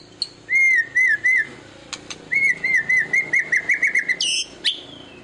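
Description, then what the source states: White-rumped shama song with repeated rich whistled notes in two bursts, the second a fast rattling series that ends in a high rising phrase, with sharp clicks between. Lure of a vigorously singing bird, meant to make other birds respond.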